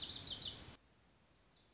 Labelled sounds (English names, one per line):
Lazuli Bunting